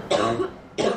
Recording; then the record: coughing mixed with background sound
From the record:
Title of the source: female coughing - coughing sound effects girl